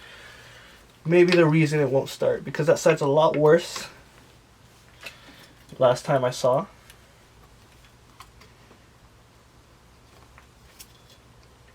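While troubleshooting a motorcycle that won't start, a spark plug cap is handled at the motorcycle's spark plug; someone talks near the start and again around 6 s. Only faint handling ticks follow over a quiet background, and nothing has seated or clicked yet.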